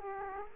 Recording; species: mosquito wingbeat signal from an infrared sensor; Culex quinquefasciatus